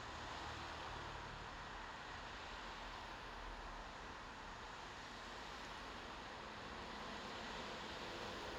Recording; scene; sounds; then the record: everyday scene through a hearing-aid microphone; in traffic; traffic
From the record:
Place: bus stop on a city main road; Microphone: in the ear canal, left